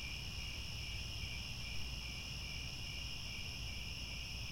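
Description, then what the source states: Crickets produce an unbroken high-pitched trilling chorus, several steady tones layered together, above a constant low background rumble. Chorus of crickets at twilight, as the sun sets and stars appear.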